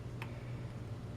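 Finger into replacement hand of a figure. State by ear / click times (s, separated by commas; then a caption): seated / 0.2 s. A small replacement finger is pushed with forceps into a figure's replacement hand, over a steady low hum. A single sharp tick sounds at 0.2 s as the finger snaps in and seats.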